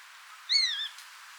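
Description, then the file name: Eurasian jay making a single drawn-out, wavering, mewing whistle that rises slightly and then slides down, over a quiet background hiss. "Garrulus glandarius"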